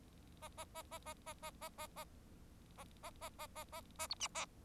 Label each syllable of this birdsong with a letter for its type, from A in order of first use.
A A A A A A A A A A A A A A A A A B C A